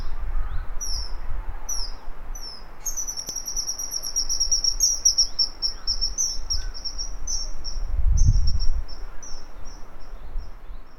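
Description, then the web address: Bird calls as sharp high chirps, then from about three seconds a rapid continuous trill that gradually slows, above a soft low rumble. "yacho koe"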